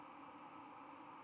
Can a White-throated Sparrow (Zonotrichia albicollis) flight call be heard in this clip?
no